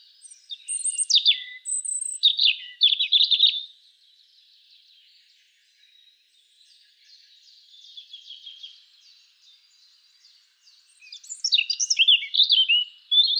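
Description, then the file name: European robin song: a bright phrase of high twittering notes, then a soft lull of faint warbles, then another loud rapid burst of shrill, varied notes. "Erithacus rubecula"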